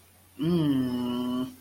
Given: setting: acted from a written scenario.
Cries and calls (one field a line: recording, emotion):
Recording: vocal sound without words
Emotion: desire